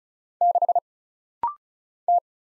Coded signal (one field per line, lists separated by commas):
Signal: Morse code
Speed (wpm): 34 wpm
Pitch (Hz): 700 Hz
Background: none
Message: 6 T